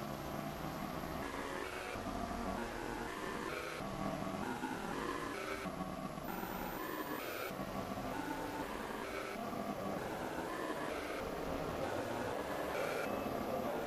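Processed Niagara Falls recording forms a dense, steady rumbling wash with shifting tones, blocky changes every second or so, and low grumbling throughout.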